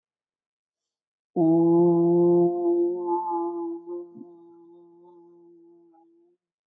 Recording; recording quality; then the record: sustained vowel as in boot; poor, much background noise or distortion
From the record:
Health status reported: healthy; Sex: male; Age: 32 years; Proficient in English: yes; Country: India